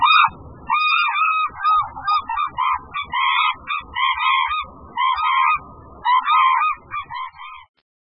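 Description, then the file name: Hooded crane calls: loud, ringing trumpeting notes in a dense, overlapping series, repeated almost without pause for about seven seconds before stopping. "nabezuru"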